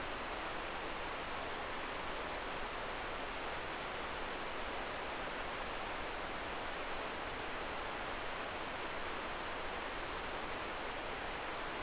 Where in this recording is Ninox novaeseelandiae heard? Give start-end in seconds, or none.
none